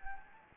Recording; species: mosquito wingbeat signal from an infrared sensor; Anopheles gambiae